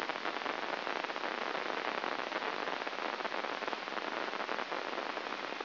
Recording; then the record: brain microelectrode recording played as sound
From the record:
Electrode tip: inside the subthalamic nucleus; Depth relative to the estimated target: 2 mm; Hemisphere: left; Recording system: AlphaMap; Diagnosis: Parkinson's disease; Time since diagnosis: 12 years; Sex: male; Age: 57 years